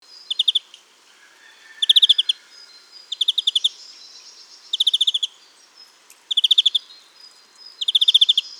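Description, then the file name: European greenfinch giving six short, fast chattering trills, each a burst of clipped notes lasting about half a second, repeated at fairly regular intervals. "Chloris chloris"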